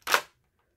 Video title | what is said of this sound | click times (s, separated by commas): Lego FN Scar-L (Lego gun Showcase) | That was the bolt going back into place. | 0.1 s